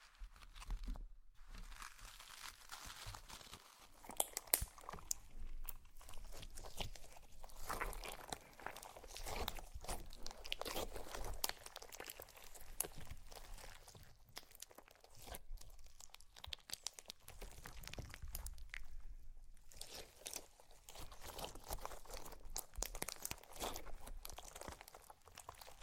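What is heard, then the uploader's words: Slime being squished and crunched in dense, continuous bursts of crackly, crinkly popping, with brief quiet gaps near one and nineteen seconds. ASMR SLIME! 5 Satisfying Slimes.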